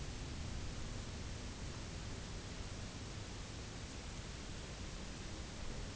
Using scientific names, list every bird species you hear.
none